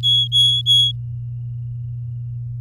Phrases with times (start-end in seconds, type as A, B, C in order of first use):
0.03-0.92 A